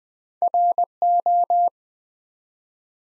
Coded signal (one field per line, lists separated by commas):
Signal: Morse code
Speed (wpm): 20 wpm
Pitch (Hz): 700 Hz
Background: none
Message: RO